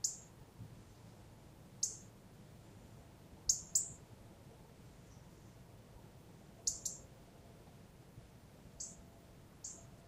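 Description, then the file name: European robin calls: sharp, very high, thin notes, single or doubled, repeated irregularly over a faint steady background. "Erithacus rubecula"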